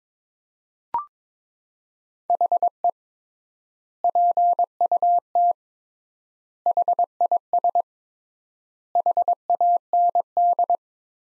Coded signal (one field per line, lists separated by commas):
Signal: Morse code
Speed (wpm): 22 wpm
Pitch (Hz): 700 Hz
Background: none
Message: HE PUT HIS HAND